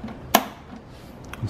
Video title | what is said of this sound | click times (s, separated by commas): How To Repair Heat Damaged Headlight Wiring. On My E90 BMW. | snaps back in here | 0.3 s